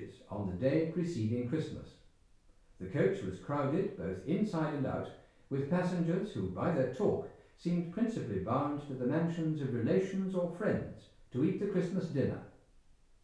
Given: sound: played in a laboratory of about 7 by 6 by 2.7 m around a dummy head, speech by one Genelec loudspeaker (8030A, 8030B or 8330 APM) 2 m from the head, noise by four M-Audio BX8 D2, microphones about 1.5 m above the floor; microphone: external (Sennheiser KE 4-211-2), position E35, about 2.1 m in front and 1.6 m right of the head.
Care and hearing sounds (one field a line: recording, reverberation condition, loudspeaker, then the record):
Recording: male speech in English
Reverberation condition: medium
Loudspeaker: 60 degrees to the right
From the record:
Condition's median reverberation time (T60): about 510 ms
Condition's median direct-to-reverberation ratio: about -0.5 dB